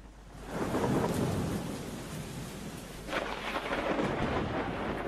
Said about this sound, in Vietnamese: Nhưng chẳng hiểu sao, khi túi gạo cuối cùng vừa trao đến tay người ăn mày nọ, thì cũng là lúc trên bầu trời đổ mưa lớn, sấm sét đùng đoàng.